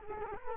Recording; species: mosquito wingbeat signal from an infrared sensor; Culex quinquefasciatus